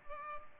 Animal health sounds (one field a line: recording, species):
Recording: mosquito wingbeat signal from an infrared sensor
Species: Culex pipiens